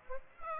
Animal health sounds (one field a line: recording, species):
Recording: mosquito wingbeat signal from an infrared sensor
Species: Aedes aegypti